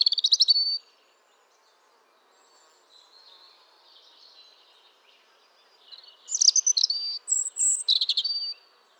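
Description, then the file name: European robin song: thin high warbled phrases with trills and sustained whistles, a loud burst at the start, quieter notes in the middle, and a fuller run of phrases near the end. "Erithacus rubecula"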